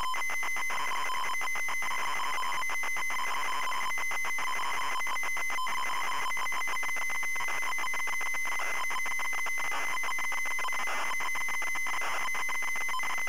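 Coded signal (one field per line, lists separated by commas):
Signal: ZX Spectrum tape loading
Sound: continuous harsh buzzing, screeching data tones with rapidly switching pitch, no lead tone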